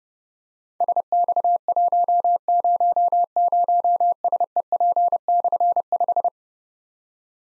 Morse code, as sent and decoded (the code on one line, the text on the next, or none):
... -..- .---- ----- ----- ... . .--. -..-. .....
SX100SEP/5